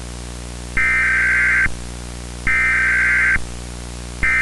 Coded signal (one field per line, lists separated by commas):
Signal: Emergency Alert System (SAME) tones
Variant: header bursts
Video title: Custom EAS Alarm Test using Fakeyou, VoiceChanger.io and Movavi